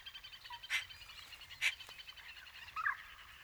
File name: Pica pica